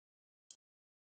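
An eyelet-setting tool presses a metal eyelet and washer through a planner cover, giving a single short, sharp click at 0.5 s. The click is bright and high-pitched, with silence on either side. The eyelet is set, though it is unclear whether the washer stayed on.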